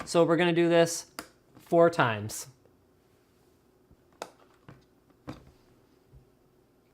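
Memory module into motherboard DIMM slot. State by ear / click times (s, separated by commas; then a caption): seated / 4.2 s. Someone talks, then a DIMM memory stick is installed into a slot on a Maximus 6 Formula motherboard, which has retention tabs on only one side: the non-tab side goes in first and the tab side is pressed firmly. A sharp click at 4.2 s marks the single-sided tab locking, followed by fainter clicks around 4.7 s and 5.3 s. The memory module is seated and locked into the slot.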